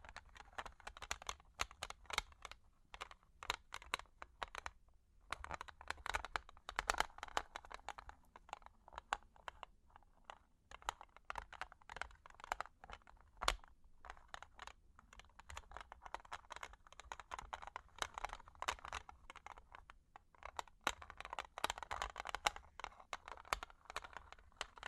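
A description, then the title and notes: Long claws tap and scratch, a rapid, dense patter of sharp clicks and scrapes like fast typing. The clicking comes in uneven bursts with a brief lull around five seconds, then resumes almost without pause to the end. Long Claws Tapping and Scratching (No Talking).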